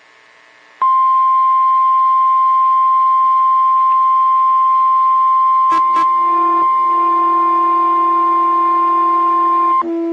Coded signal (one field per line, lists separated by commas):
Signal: Emergency Alert System (SAME) tones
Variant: 1050 Hz attention tone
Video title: 12/1/21 - KHB37 Required Weekly Test (EAS #295)